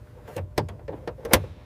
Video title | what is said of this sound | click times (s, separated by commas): Rusted Helicopter to Showroom Condition - Satisfying Full Restoration | Did you hear the click? Perfect. | 1.3 s